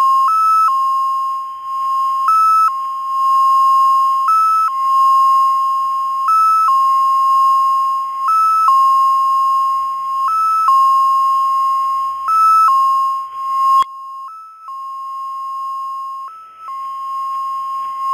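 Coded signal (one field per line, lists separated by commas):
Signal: numbers station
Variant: XPA2 MFSK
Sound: steady buzzy mid tone, briefly jumping higher about every two seconds, nine times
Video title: XPA2 - 2120z 27 July 2014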